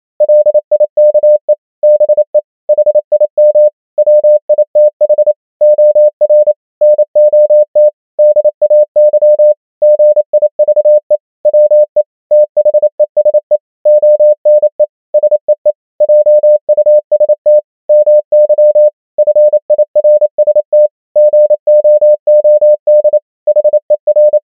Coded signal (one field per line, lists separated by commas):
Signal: Morse code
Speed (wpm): 28 wpm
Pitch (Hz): 600 Hz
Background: none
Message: LIKE BE HIM WITH OR NOT DAY GIVE WE THESE ONE SEE JUST MY FIRST GOOD HER